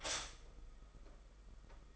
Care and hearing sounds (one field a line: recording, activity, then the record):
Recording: daily activity, microphone in the room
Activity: stop toaster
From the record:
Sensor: 5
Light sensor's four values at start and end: 32/109/41/43 and 32/109/41/43